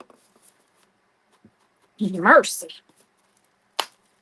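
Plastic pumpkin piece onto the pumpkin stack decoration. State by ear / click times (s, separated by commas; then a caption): seated / 3.8 s. A painted piece of a mini plastic Dollar Tree pumpkin stack decoration is forced back onto the stack after a struggle, with faint handling sounds and someone talking briefly. A sharp, loud snap at 3.8 s marks the piece seating home on the stack.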